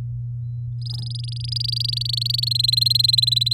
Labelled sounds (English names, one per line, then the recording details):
Domestic Canary song
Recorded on 9 May 2018 at 08:16
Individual llb16